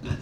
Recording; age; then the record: pig call; growing-finishing pig (85 days or more)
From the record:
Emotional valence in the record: positive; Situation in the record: run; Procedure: transit